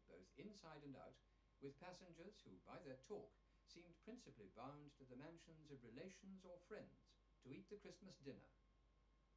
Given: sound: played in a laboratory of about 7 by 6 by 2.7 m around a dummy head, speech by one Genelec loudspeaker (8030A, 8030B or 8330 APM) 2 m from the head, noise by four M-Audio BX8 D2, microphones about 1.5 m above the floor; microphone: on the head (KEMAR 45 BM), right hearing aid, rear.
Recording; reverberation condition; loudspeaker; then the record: male speech in English; low; in front (0 degrees)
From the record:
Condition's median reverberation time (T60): about 310 ms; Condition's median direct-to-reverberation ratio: about 3.5 dB